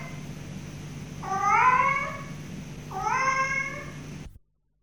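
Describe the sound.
Cat meowing twice, two drawn-out rising-then-falling meows about two seconds apart, over a low steady hum.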